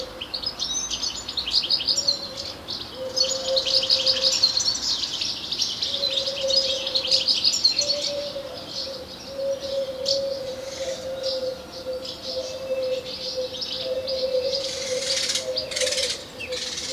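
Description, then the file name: European Goldfinch twittering in quick tinkling bursts over the first five seconds, then sparser high notes, with a steady low humming tone coming and going underneath. "Carduelis carduelis"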